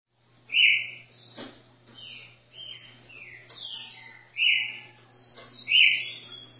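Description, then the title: Ultramarine grosbeak singing: three brighter whistled notes stand out among quieter slurred phrases, with a brief click early on and a low steady hum. "Azulao"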